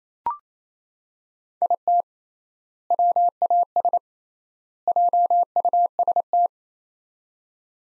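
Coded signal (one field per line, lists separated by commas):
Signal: Morse code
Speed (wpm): 28 wpm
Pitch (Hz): 700 Hz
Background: none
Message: IT WAS JUST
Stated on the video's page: Morse practice of three-word sets at 28 wpm with 3x word spacing, a Farnsworth-like method applied to words.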